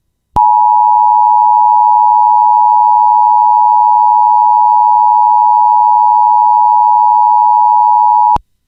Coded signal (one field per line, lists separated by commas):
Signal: Emergency Alert System (SAME) tones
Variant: 853 and 960 Hz attention tone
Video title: EAS - AMBER Alert Issued in Tennessee for Child with Medical Condition